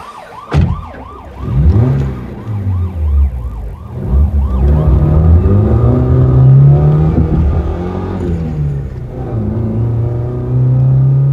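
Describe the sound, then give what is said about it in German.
A car engine revs and accelerates with a rising, droning growl as the driver presses hard on the pedal on an open road, chasing another car, while a siren wails in repeating up-and-down sweeps above it throughout. No one speaks. “Ich drückte kräftig aufs Pedal.”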